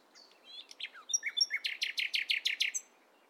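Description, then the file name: Common nightingale phrase: a few varied whistled and slurred notes, then a steady rapid series of many loud repeated notes. "Luscinia megarhynchos"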